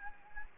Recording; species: mosquito wingbeat signal from an infrared sensor; Anopheles gambiae